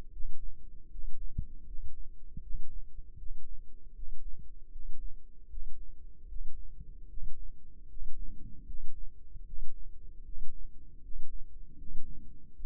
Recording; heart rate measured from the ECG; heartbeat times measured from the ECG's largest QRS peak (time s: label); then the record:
heart sounds by microphone in the left ear; 77 bpm
0.10 s: heartbeat
0.88 s: heartbeat
1.64 s: heartbeat
2.40 s: heartbeat
3.16 s: heartbeat
3.93 s: heartbeat
4.69 s: heartbeat
5.47 s: heartbeat
6.26 s: heartbeat
7.07 s: heartbeat
7.86 s: heartbeat
8.64 s: heartbeat
9.43 s: heartbeat
10.23 s: heartbeat
11.00 s: heartbeat
11.76 s: heartbeat
12.54 s: heartbeat
From the record:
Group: healthy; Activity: rest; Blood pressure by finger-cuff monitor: 117/78 mmHg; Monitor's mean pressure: 84 mmHg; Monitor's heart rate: 78 bpm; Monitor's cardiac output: 6.7 L/min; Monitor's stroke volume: 86 mL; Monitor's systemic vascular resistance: 920 dyn s/cm5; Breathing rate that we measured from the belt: 18 breaths a minute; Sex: male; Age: 35 years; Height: 180 cm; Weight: 86.9 kg